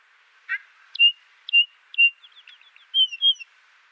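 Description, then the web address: Trumpeter finch song: a short harmonic note, then a run of clear whistled notes that dip slightly, with soft ticking notes between them, in a quiet background. "Schulze Peter Trumpeter Finch song"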